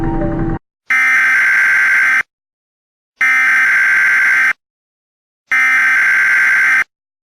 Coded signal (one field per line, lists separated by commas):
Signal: Emergency Alert System (SAME) tones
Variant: header bursts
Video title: EAS Scenario - The Virus of Nazi Element (MY FIRST EVER SCENARIO, FEEDBACK IS APPRECIATED)